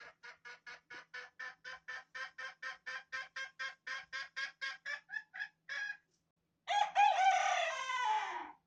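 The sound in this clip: Chicken clucking in a fast, steady series of about four notes per second for six seconds, then after a short pause a loud, harsh crow.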